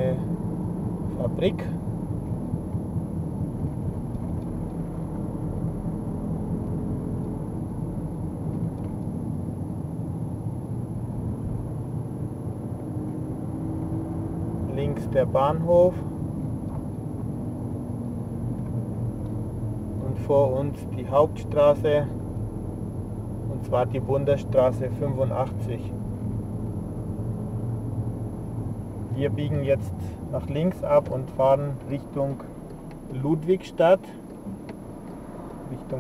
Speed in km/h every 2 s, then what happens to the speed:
34, 34, 36, 33, 32, 30, 32, 33, 29, 25, 24, 25, 25, 21, 14, 2, 0, 1.
0-14 steady at about 33. 14-19 slows to 24. 19-25 steady at about 25. 25-30 brakes to 2. 30-36 standing.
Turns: 16-21.